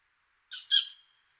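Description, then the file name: Tawny owl making one rasping, hissy screech that fades briefly at the end, against silence. "hulotte"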